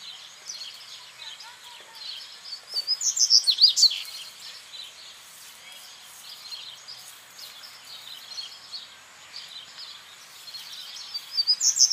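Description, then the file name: Seedeater, one loud quick series of high sweeping notes, then a second burst starting at the very end, amid a busy background of bird chatter. Recorded at El Aromito, Federación, on 8 January 2013 at 19:41. "Corbatita-El-Aromito-Federacion-08012013-1941 hs-Eco Registros"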